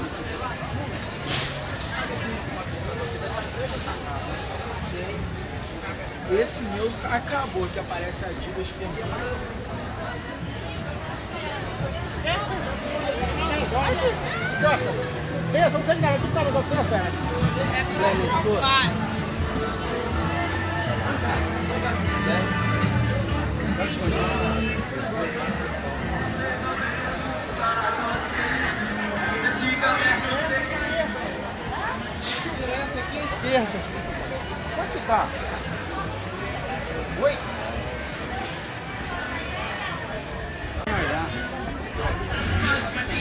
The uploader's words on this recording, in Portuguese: Derivas Sonoras do Centro de Belo Horizonte realiza uma caminhada imaginária pela referida região, a partir da edição e montagem de diversos registros realizados pela pesquisa Cartografias Urbanas, realizada pelo Centro de Convergência de Novas Mídias- UFMG.